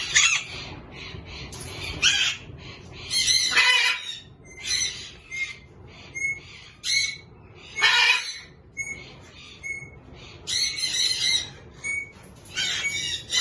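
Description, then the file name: Major Mitchell's cockatoo uttering grating, raspy screeches in short separate bursts, broken by brief pauses. A pair, offered for sale. "par kakadu inka"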